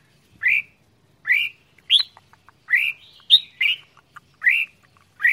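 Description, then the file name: Red-whiskered bulbul repeating a bright, rising, slurred whistle about once a second, with faint ticking notes between. Quảng Ngãi, Vietnam; frantic 'chẻ dạo giọng' singing style. "tieng chao mao quang ngai che dao giong dien cuong"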